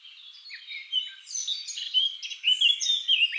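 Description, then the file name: Eurasian blackcap warbling, starting soft and scratchy, then rising into louder, brighter whistled notes that continue to the end. "Sylvia atricapilla"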